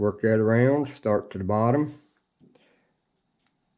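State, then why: Seated. Someone talks while a grease cap is worked onto a mower deck blade spindle hub from the bottom up, with faint handling sounds around 2.4–2.7 s. A short, sharp snap at 3.5 s marks the cap seating into place on the hub.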